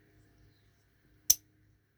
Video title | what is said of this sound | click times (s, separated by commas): my crkt collection | snaps into place and trust me no matter how deep your thumb goes in there | 1.3 s